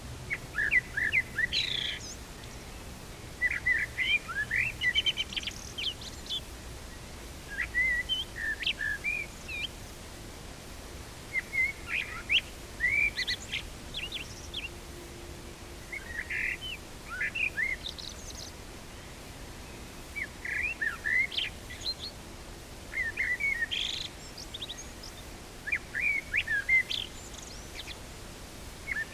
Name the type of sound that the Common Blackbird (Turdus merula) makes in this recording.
song